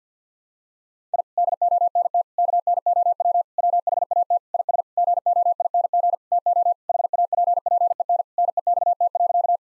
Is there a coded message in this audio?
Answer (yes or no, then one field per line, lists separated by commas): yes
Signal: Morse code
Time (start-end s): 1.1-9.6 s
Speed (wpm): 50 wpm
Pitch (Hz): 700 Hz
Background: none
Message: I DONT KNOW WHAT IS GOING TO HAPPEN NEXT.